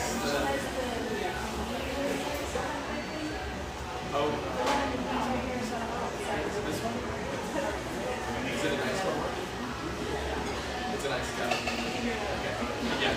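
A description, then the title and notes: Lively ambience in a rustic bayside coffeeshop: many voices talk over one another in a steady, dense murmur. Dishes and cutlery clink now and then, with sharper knocks around five, seven and eleven seconds, and a low hum runs underneath throughout. Lively ambience from this rustic, bayside coffeeshop.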